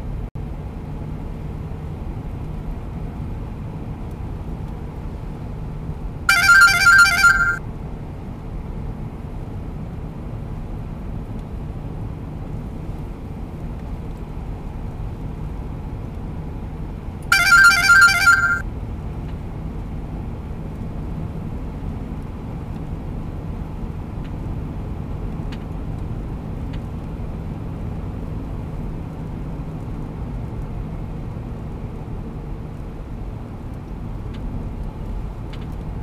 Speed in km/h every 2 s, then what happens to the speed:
81, 84, 83, 81, 81, 81, 80, 83, 83, 83, 84, 85, 86, 86, 86, 83, 82, 83.
0-36 steady at about 83.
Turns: none.